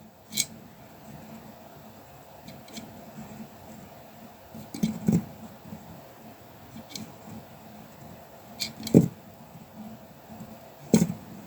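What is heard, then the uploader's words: Colouring pencil work on paper, quiet, with a soft continuous scratchy hiss under the strokes. Sharper taps and brushy scrapes come every second or two, loudest near five, nine and eleven seconds. Sounds of colouring pencil work and paper massage. Colouring the soft, circular puffs of sheep’s wool, with some wobbles thrown.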